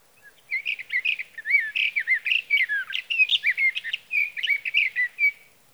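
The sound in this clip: Sage thrasher song, a long tumbling warble of rising and falling whistled notes mixed with buzzier bits, delivered quickly and without breaks.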